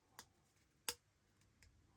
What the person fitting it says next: a satisfying little click there.